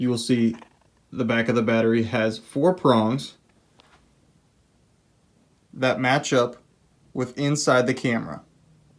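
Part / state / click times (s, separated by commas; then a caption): battery pack into camcorder battery mount / not seated / none. A battery pack with four prongs on its back is handled at the battery mount of a Panasonic camcorder while someone talks, with faint brief ticks near 3.5 and 3.8 seconds in the quiet gap. Nothing has seated or clicked into the mount yet.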